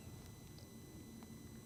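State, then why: Not seated. The slide lock lever tensioning pin for an Apex Extended Slide Lock Lever is handled at a Hellcat or Hellcat Pro pistol frame, where it is to be pushed in and tapped home with a pin punch. Only a steady low background hum with a few faint, soft handling ticks is heard. Nothing has seated or clicked yet.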